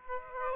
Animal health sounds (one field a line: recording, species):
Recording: mosquito wingbeat signal from an infrared sensor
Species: Aedes aegypti